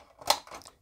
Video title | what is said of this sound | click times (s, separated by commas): Kenner Batman Forever Batmobile, Batwing and Batboat | and it'll click right in there | 0.3 s